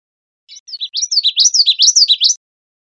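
Common yellowthroat song, a bright, rhythmic string of repeated swooping whistled phrases lasting about two seconds, with nothing else audible.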